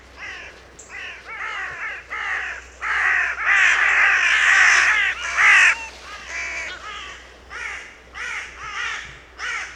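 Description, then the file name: Carrion crow calls with a series of harsh caws, a loud run of rasping notes in the middle, then shorter separate caws. "Corvus corone"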